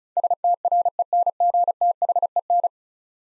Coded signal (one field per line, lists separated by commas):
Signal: Morse code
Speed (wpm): 36 wpm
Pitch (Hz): 700 Hz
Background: none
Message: STRENGTHEN